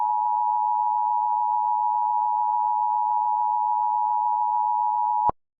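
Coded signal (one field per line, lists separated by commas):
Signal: Emergency Alert System (SAME) tones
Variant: 853 and 960 Hz attention tone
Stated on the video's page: Fictional, simulated EAS scenario set in Wyoming.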